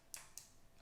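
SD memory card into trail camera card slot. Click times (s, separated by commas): 0.1 s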